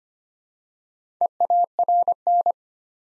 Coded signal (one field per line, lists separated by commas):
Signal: Morse code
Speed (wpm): 25 wpm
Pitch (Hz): 700 Hz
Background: none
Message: EARN